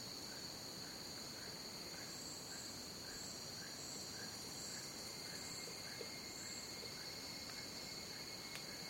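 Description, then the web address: Cricket: steady high trill of crickets, joined by a softer regularly repeated chirp and a faint thin whistle near the end. Crickets in a jungle. "the-sound-pack-tree -jungle crickets"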